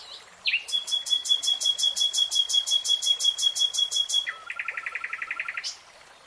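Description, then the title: Nightingale song opening with a short note, then a fast, steady rattle of high repeated notes for over three seconds, switching to a quicker lower trill before stopping. Nightingale singing, in real time. "[Tiếng chim hót] 3 Hours REALTIME Nightingale Singing"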